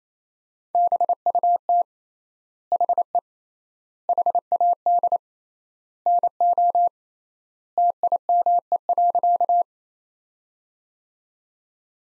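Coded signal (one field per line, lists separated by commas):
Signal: Morse code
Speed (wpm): 28 wpm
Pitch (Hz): 700 Hz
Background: none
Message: BUT HE HAD NO TIME.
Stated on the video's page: Morse sentence practice at 28 wpm built from the top 100 words, sent with 3x standard word spacing, akin to Farnsworth.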